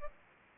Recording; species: mosquito wingbeat signal from an infrared sensor; Anopheles gambiae